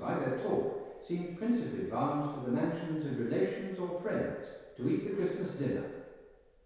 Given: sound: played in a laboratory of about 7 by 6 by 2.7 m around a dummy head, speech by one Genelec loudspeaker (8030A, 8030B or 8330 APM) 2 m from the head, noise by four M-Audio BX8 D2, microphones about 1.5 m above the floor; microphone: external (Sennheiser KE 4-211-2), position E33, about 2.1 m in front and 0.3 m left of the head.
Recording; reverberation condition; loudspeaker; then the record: male speech in English; high; 60 degrees to the left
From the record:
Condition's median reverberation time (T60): about 1300 ms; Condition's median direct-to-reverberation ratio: about -4.0 dB